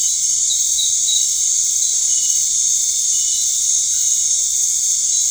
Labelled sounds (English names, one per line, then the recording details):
none
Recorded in dense forest near Puerto Asís, Putumayo, Colombia, on 19 March 2025 at 19:00
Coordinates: 0.485, -76.318
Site G056